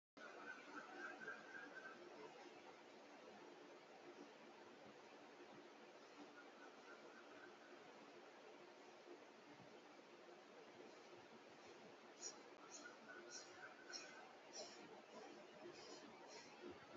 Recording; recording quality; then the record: shallow breathing; excellent, no background noise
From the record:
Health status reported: healthy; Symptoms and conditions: none ticked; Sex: female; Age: 47 years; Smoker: not ticked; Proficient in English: yes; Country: India